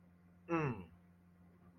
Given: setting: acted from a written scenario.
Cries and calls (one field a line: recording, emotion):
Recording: vocal sound without words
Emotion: contempt